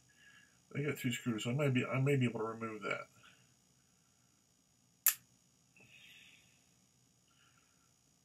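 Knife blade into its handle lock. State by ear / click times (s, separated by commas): seated / 5.1 s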